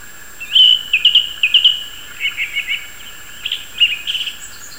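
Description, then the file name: Song thrush singing short, bright phrases, several notes repeated two or three times in quick succession, with a steady faint hum in the background. "singdrossel audioton"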